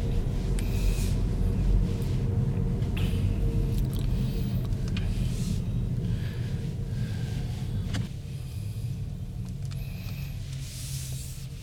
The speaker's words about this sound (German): Das ist schon schick. Wahnsinn, ich fahre. 12 Stundenkilometer. Das ist der Hammer, oder? Das ist echt der Hammer. Das ist so schön leise hier in dem Auto. Das ist der Wahnsinn. Gefällt mir ohne Ende.